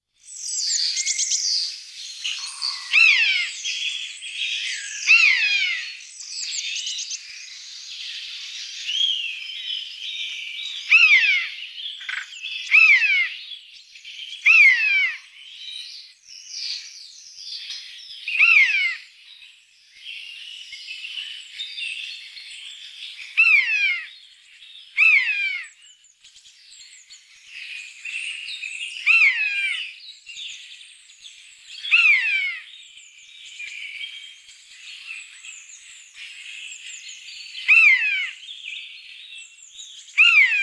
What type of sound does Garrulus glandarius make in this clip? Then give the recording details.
song. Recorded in the wild. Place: Oberrotweil am Kaiserstuhl, Baden-Württemberg, DE. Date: 1985-04-05. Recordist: Schwarz, Dieter